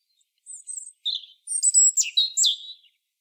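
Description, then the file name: European robin singing thin, high warbling phrases with quick sliding whistles and trills, several short bursts in succession. "Erithacus rubecula"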